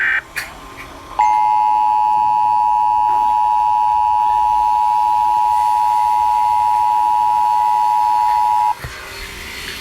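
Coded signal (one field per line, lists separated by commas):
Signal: Emergency Alert System (SAME) tones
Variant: 853 and 960 Hz attention tone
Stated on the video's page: Fanmade fictional zombie attack alert.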